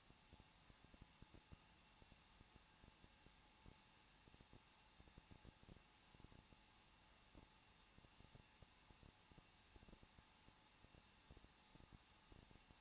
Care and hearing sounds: daily activity, microphone in the room; no activity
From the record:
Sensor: 1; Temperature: 20.1 degrees Celsius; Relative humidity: 39.1%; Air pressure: 1006.4 hPa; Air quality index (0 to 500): 216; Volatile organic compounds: 74 ppm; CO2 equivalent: 3552 ppm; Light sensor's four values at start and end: 1/2/1/1 and 1/2/1/1

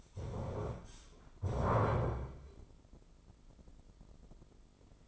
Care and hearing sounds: daily activity, microphone in the room; stand up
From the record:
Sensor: 5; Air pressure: 996.1 hPa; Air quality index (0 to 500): 244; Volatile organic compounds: 462 ppm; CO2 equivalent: 4766 ppm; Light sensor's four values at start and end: 156/375/158/173 and 156/374/158/172

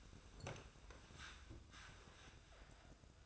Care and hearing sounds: daily activity, microphone in the room; sit down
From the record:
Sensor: 2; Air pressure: 1004.9 hPa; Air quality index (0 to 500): 92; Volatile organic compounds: 2 ppm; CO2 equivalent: 1111 ppm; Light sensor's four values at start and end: 7/17/7/7 and 7/17/7/7

